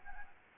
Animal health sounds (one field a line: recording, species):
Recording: mosquito wingbeat signal from an infrared sensor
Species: Anopheles arabiensis